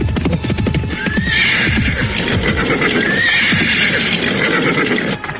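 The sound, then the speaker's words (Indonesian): A horse whinnies loudly with a rising, wavering cry, then neighs again, while hooves clop in a steady, rapid rhythm underneath throughout, as Senopati Narakupita rides it along a grassy footpath and arrives at the gate of the Ketumenggungan. No one speaks. “Tolong kau tambatkan kuda ini.”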